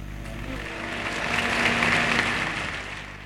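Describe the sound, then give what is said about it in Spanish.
An audience applauding: a dense, crackling wash of many hands clapping that swells slightly in the middle and holds steady throughout, with no voices over it. “Te aplauden y todo, ¿qué pasaba?”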